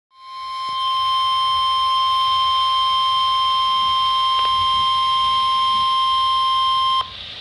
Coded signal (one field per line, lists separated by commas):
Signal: Emergency Alert System (SAME) tones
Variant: 1050 Hz attention tone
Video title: 7-12-18 SVR TStorm Warning [EAS 60]